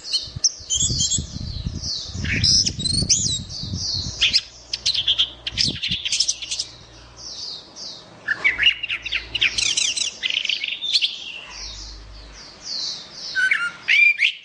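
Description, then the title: Orange-headed thrush singing a continuous jumble of high twittering, whistled phrases, with low thumping bursts early on and a faint background hum. "Anis Merah"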